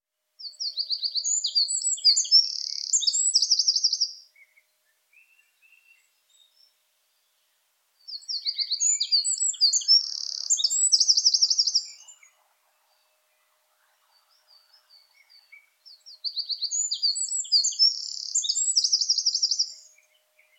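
A Eurasian wren sings three loud, rapid songs, each about four seconds long, starting near 0, 8 and 16 seconds. Each is a high, bright burst of fast trills and sharp notes. The pauses between songs are nearly silent, with only faint chirps.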